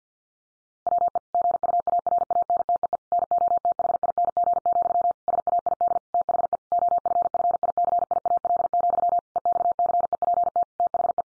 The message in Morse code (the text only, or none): WE GUARANTEE NOTHING, SAID THE OFFICIAL, EXCEPT THE